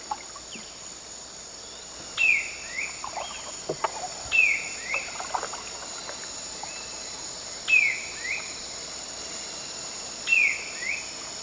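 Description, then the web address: Várzea schiffornis song: four whistled phrases, each a sharp downslurred note followed by a softer rising note, over a constant high insect drone. Eastern lowlands of South America. "Nature Songs S America Eastern Lowlands. Varzea Schiffornis"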